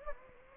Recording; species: mosquito wingbeat signal from an infrared sensor; Anopheles gambiae